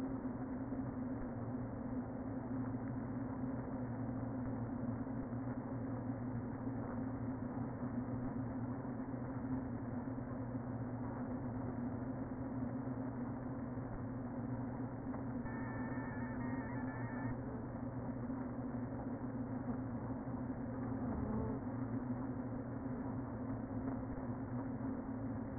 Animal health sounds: honeybee colony, microphone inside the hive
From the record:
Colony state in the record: queen present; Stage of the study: before two queens were removed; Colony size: about 60,000 bees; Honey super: yes

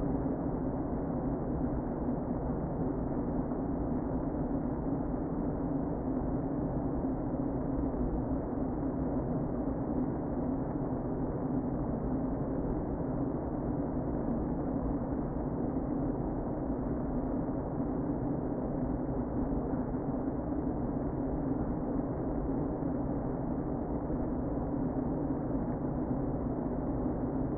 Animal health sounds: honeybee colony, microphone inside the hive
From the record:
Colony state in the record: queen present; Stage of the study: before two queens were removed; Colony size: about 60,000 bees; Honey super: yes

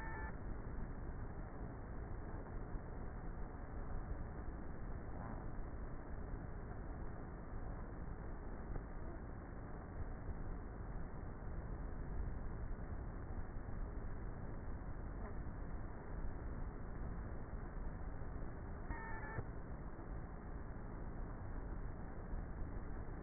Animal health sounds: honeybee colony, microphone inside the hive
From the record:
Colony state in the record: queenless with a low population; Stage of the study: before two queens were removed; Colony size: about 30,000 bees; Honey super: no

